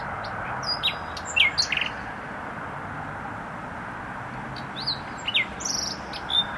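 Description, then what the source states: Nightingale: songbird giving scattered short whistles and chirps with brief gaps between them, set against a constant rumble of traffic. Singing in bushes near a noisy motorway, Trasa Toruńska, Bródno-Podgrodzie, Warsaw, Poland; recorded with an Olympus LS-11.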